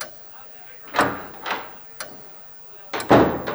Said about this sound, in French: À la 57e, la porte du salon s'ouvre et Phileas Fogg annonce d'une voix posée « Me voici, messieurs !»